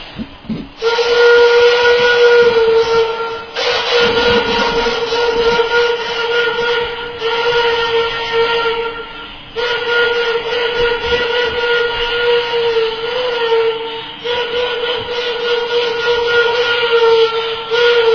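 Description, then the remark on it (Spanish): A multi-whistle wind instrument, like four or more whistles in one instrument, sounds loud, breathy sustained tones that blend like a chord, held for several seconds at a time with brief breaks between phrases and no voices. “Entonces es como tener cuatro silbatos o más en un solo instrumento.”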